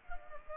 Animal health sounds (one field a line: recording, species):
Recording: mosquito wingbeat signal from an infrared sensor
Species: Culex pipiens